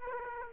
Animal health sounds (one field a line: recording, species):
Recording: mosquito wingbeat signal from an infrared sensor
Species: Aedes aegypti